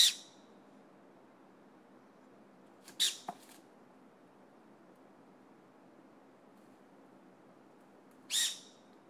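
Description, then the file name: Formosan serow calls: brief breathy snort-like bursts spaced several seconds apart, one a quick double, against a quiet background. Fushan, Yilan, Taiwan. "宜蘭福山-長鬃山羊"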